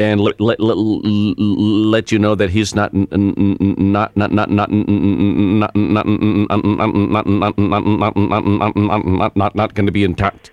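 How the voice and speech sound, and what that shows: A low-pitched adult man's voice on a radio phone call repeats syllables ("le-le", "na-na-na-not"), stretches an "n" sound, and pauses for nearly three seconds mid-phrase, marking stuttering. The stutter is put on as an imitation during a prank radio call, not a genuine speech disorder.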